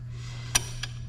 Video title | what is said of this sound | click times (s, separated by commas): 6.7L Powerstroke losing antifreeze. No external coolant leaks! Secondary cooling system FAILURE! | you should hear a firm click here | 0.6 s